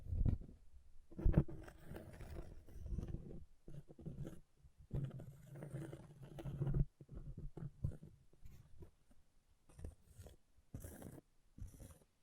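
Something scratches in uneven bursts, low and rough, dense for the first seven seconds, then turning to short scattered scrapes with brighter hisses.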